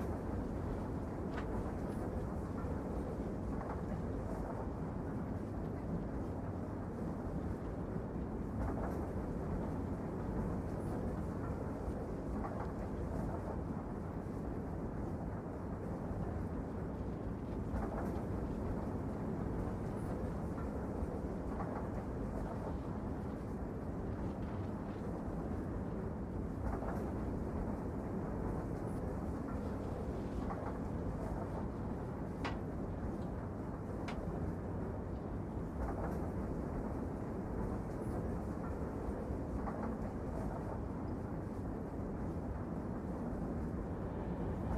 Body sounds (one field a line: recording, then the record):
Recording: background sound without coughing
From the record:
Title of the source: Train Ride Ambience ambient white noise for sleeping, focus, studying, reading